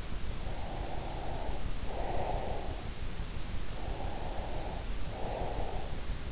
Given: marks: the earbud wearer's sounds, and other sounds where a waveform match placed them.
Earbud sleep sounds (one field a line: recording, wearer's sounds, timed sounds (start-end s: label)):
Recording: sounds in sleep by an in-ear microphone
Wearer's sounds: breath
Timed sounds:
0.35-2.89 s: breath
3.76-6.24 s: breath